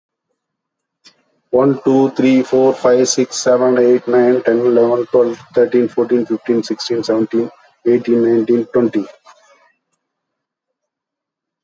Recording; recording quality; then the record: counting at a fast pace; excellent, no background noise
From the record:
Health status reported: healthy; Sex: male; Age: 52 years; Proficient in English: no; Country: India